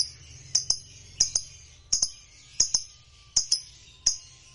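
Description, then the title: Lovebird calling in paired sharp high chirps, the pairs under a second apart, over a faint low hum. Lovebird singing with spontaneous excitement, meant to rouse a lazy, quiet lovebird into song. "LOVEBIRD Malas Bunyi JADI GREGET SPONTAN Langsung NARIK"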